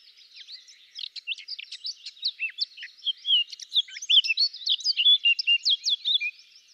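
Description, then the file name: Eurasian blackcap singing a lively, rapid warble of short high chirps and whistles that grows louder toward the middle. "Sylvia atricapilla"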